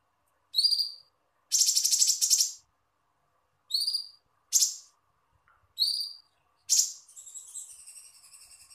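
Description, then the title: Small bird alternating thin harmonic chirps with rasping buzzy notes, then a fast, jumbled twittering run at the end. "Burung Kecil"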